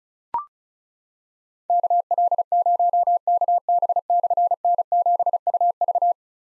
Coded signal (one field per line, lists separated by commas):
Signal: Morse code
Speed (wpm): 36 wpm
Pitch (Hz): 700 Hz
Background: none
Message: KL0KB/N7UV